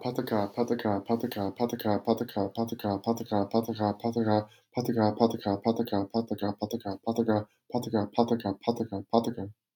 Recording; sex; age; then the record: repeated syllables /pa ta ka/; male; 30 to 39 years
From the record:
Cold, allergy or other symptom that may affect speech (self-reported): no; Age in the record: 32 years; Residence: Arizona, United States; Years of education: 16